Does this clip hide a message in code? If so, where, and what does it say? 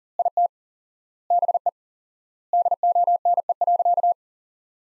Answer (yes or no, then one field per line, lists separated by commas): yes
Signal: Morse code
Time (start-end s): 0.2-4.1 s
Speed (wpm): 37 wpm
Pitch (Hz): 700 Hz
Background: none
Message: IT BE DONE.